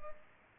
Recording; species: mosquito wingbeat signal from an infrared sensor; Culex pipiens